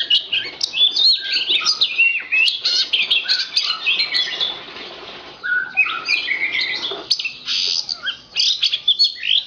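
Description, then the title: Magpie-robin song, a dense, fast run of varied high chirps, trills and sweeping whistles with brief pauses. Kacer poci form; national champion competition bird, singing vigorously in nembak (shooting) and ngerol (rolling) styles; seven kinds of song every three minutes. "Kacer Poci Gacor Nembak Dan Ngerol Juara Nasional. 7 macam suara kacer setiap 3 menit"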